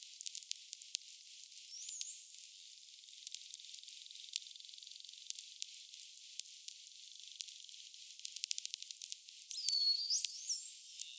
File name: GRAND DAUPHIN